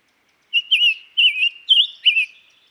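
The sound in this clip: Summer tanager song: a few burry warbled phrases, with nothing else audible.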